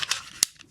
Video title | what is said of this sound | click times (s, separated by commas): How to Disassemble and Reassemble H&K CC9 (Field Strip) | There you go. You hear the click. | 0.4 s